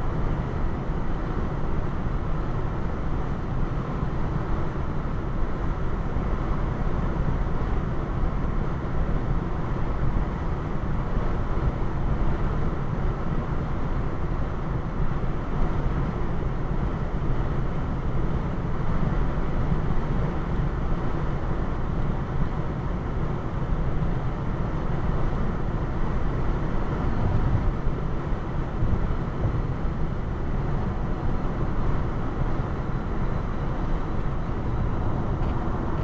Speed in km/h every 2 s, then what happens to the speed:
95, 95, 95, 95, 95, 97, 97, 97, 97, 95, 95, 95, 95, 95, 95, 95, 95, 95.
0-36 steady at about 95.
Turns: none.